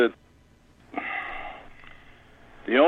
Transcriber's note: sighs